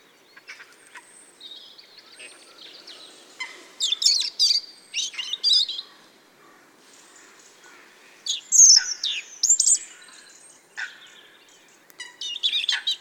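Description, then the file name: European robin song: several bursts of high, thin, rapid twittering and trilling phrases separated by short pauses. "Erithacus rubecula"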